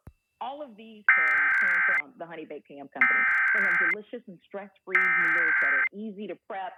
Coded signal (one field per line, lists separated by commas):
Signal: Emergency Alert System (SAME) tones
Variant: header bursts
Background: speech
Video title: EAS: Pennsylvania Required Monthly Tests (11/19/20)(EAS #511-518)